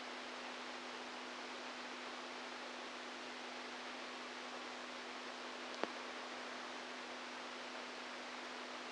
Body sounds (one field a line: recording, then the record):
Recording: brain microelectrode recording played as sound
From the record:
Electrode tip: inside the subthalamic nucleus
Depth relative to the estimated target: -2 mm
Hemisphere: right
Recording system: NeuroSet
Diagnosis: Parkinson's disease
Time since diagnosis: 10 years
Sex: male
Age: 65 years